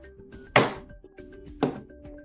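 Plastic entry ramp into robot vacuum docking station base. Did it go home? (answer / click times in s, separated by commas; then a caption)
yes / 0.6 s, 1.6 s. A plastic entry ramp for a MOVA V50 Ultra robot vacuum's docking station is pushed onto the front of the station base so the robot can drive in easily. Two sharp clicks are heard at 0.6 s and 1.6 s, one for each side, over quiet background music. The ramp is latched into the base on both sides.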